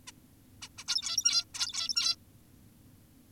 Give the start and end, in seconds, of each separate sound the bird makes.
0.08-0.12, 0.62-0.69, 0.78-0.84, 0.88-1.45, 1.54-2.16